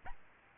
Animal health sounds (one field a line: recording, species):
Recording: mosquito wingbeat signal from an infrared sensor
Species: Aedes albopictus